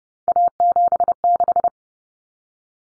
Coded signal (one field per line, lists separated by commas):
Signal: Morse code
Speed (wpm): 30 wpm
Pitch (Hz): 700 Hz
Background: none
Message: A76